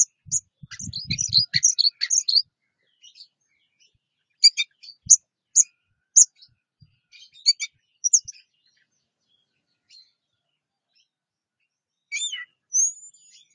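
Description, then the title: Orange-headed thrush singing high, scratchy and chirping phrases in bursts, with soft low clicks early on and a long quiet gap before a final whistle. "Anis Merah"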